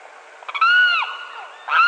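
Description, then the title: Limpkin's wailing cry that swells then drops away, followed near the end by the start of another call. "LuckyPassaro Completos2Sama. Limpkin (Aramus guarauna)"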